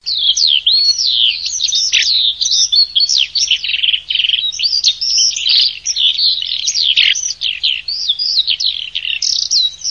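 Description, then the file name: Eurasian skylark singing a continuous, high, fast-flowing warble of chirps, trills and twittering notes without pause throughout. "ALLODOLAMONT"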